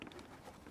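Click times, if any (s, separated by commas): 0.0 s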